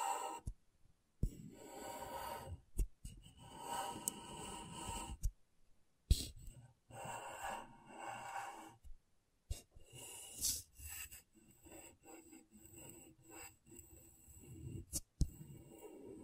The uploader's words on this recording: ASMR Brain Tingling Scratchboard (No Talking).